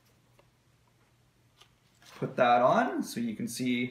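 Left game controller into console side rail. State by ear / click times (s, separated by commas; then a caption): not seated / none. A left Nintendo Switch game controller is handled and lined up with the console's side rail before being pushed home; it has not seated or clicked yet. Two faint ticks come at 0.4 s and 1.6 s, then from about 2.0 s someone talks.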